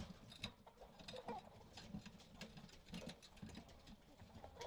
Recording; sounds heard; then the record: poultry house recording; healthy chickens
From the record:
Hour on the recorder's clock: 22